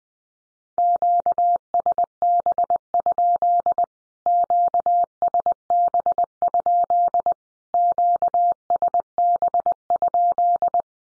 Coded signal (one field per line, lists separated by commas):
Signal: Morse code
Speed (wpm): 20 wpm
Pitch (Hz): 700 Hz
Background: none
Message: QSB? QSB? QSB?